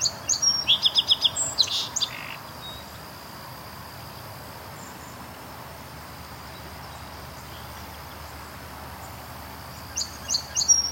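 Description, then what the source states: Song Sparrow singing: a quick run of bright, evenly spaced notes followed by a buzzy, jumbled trill, then the song begins again near the end. Singing close in front of the recordist, responding to the calls of other birds; along the Grand River, Waterloo, Ontario.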